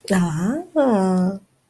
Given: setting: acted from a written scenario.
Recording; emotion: vocal sound without words; romantic love